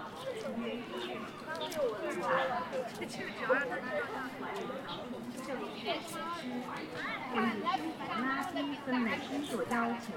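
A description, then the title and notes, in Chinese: A crowd of voices at Ditan in Beijing, with many people talking over one another in a steady, dense chatter for the full ten seconds. Individual voices rise and fall, and a few brief higher calls and clicks cut through the murmur. 城市声音。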